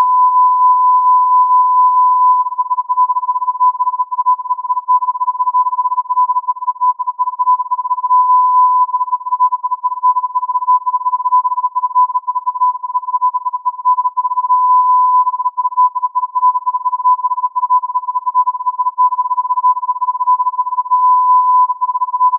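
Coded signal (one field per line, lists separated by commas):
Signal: radio time signal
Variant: Beta RJH69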